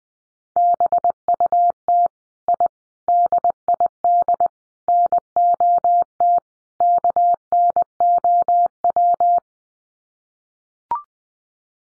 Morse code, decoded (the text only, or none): BUT I DID NOT KNOW